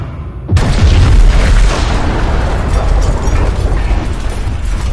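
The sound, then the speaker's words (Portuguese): A single heavy explosion that shakes the whole ground bursts in suddenly after a brief quiet moment, followed by a loud, sustained rumbling roar with deep bass that slowly settles but keeps churning. “Caraca, cara, tem uma explosão que treme o chão inteiro e todo mundo vai ao chão.”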